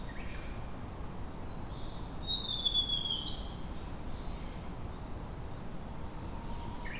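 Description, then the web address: Japanese tit giving faint short call notes, with a thin whistled note midway, over steady low background noise. Recorded on 1 May 2019. "kotorinomori kotori shijukara 190501"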